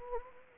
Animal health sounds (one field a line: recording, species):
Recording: mosquito wingbeat signal from an infrared sensor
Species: Anopheles gambiae